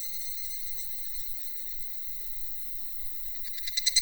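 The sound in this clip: Cicada call, a steady high buzz with layered tones, breaking into quick pulses in the final half second.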